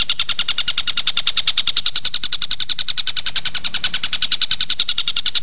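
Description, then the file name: Stork-billed kingfisher producing a rapid, regular string of harsh metallic notes, sustained throughout. "tengkek buto awi"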